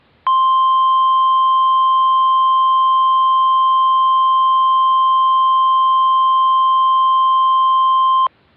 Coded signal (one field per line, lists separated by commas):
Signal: Emergency Alert System (SAME) tones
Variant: 1050 Hz attention tone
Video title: [EAS SCENARIO / ANALOG HORROR] - THE WATCHER'S OUTBREAK